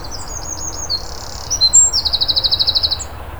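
Eurasian wren song with a few high piping notes, a short buzz, then a fast, regular trill of sharp notes lasting about a second.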